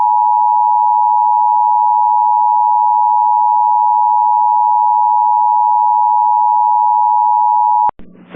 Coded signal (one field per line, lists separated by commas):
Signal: Emergency Alert System (SAME) tones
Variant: 853 and 960 Hz attention tone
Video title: EAS Alert From 6/12/25